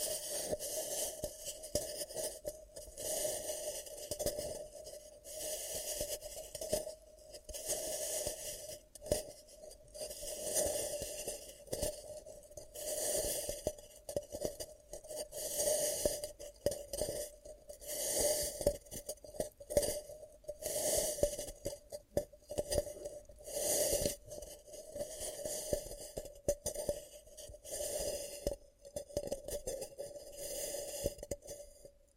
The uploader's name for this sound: ASMR 10 Ear Cupping Triggers